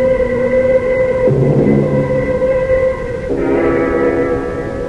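The horn of a passenger train to Ossining sounds in long, steady, droning chords for several seconds, shifting pitch twice, over a constant rumbling background.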